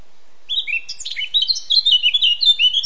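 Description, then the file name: Eurasian blackcap song: a busy, chattering warble of short high notes. "Sylvia atricapilla"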